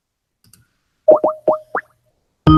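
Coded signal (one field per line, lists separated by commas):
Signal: none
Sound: a video call app's chime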